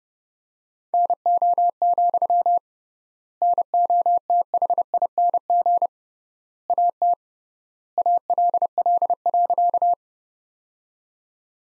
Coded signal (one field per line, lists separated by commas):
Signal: Morse code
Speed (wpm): 30 wpm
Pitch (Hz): 700 Hz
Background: none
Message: NO, NOTHING AT ALL.